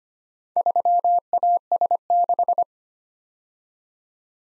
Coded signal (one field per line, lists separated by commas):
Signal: Morse code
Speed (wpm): 25 wpm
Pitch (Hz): 700 Hz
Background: none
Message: 3AS6